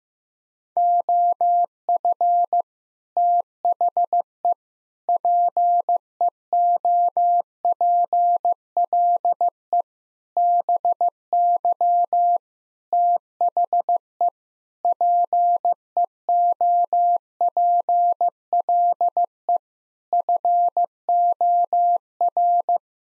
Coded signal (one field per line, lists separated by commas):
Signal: Morse code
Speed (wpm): 16 wpm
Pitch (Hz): 700 Hz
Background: none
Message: OF THE PEOPLE BY THE PEOPLE FOR